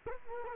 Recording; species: mosquito wingbeat signal from an infrared sensor; Culex quinquefasciatus